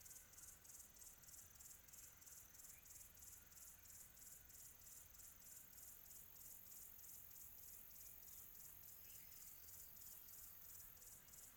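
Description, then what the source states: Cricket producing a fast, regular pulsed chirp, about three per second, with a faint higher trill above and soft chirps in the background. Quiet tropical atmosphere.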